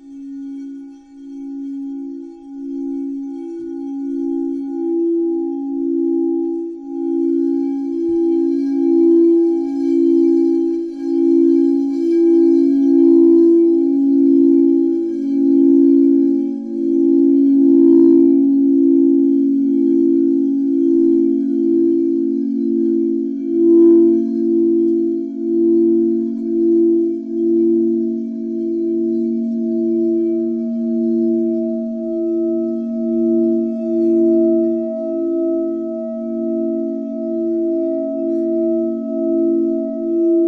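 Crystal singing bowls ring in sustained, overlapping low tones that pulse with a steady, slow wavering throughout the 40 seconds. A few faint higher overtones shimmer above, with light touches near the middle, and a clear higher tone enters around the halfway point and holds to the end.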